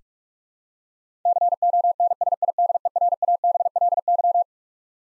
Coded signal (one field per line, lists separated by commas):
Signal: Morse code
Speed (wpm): 46 wpm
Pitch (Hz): 700 Hz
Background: none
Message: CONSIDERABLY